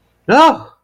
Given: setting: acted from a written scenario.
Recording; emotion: vocal sound without words; distress